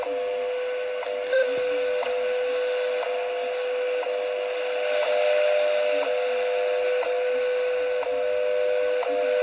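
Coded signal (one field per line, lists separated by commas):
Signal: radio time signal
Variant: WWV and WWVH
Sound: steady low audio tone with a sharp tick each second over hiss, about nine ticks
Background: radio static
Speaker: maybe that'll help you listen to her voice better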